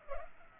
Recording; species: mosquito wingbeat signal from an infrared sensor; Culex pipiens